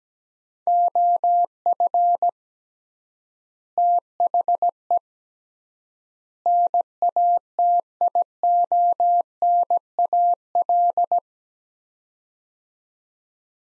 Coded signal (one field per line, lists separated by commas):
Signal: Morse code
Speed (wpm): 17 wpm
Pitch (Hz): 700 Hz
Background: none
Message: OF THE NATIONAL